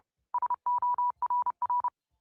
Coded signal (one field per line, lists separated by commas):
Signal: Morse code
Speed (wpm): 30 wpm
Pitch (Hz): 980 Hz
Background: none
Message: SORR